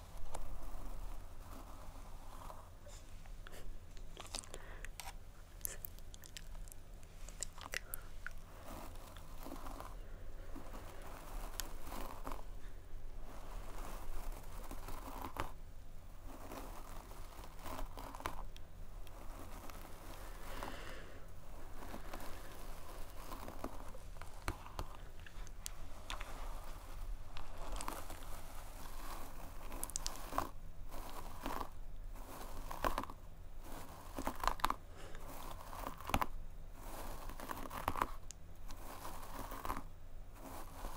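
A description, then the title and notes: Scratching and rustling of a head massage and hair brushing, with brisk strokes and soft crackles running steadily through the whole clip. Sharper swishes come every second or so. A low, steady hum sits underneath. Head Massage & Hair Brushing.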